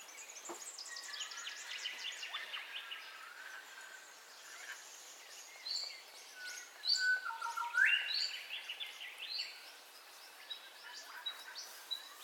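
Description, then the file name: Birds singing together at dawn: high twittering and trills, with a clear rising whistle and bursts of sharp chirps in the middle. Dawn birdcall ambience, in stereo. "AMBIENCE DAWN BIRDCALLS 03 STEREO"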